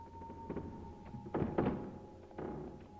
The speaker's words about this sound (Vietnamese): Bỗng nhiên nó nghe tiếng bố nó tiến đến bên cánh cửa. Sau đó cánh cửa cọt kẹt mở ra.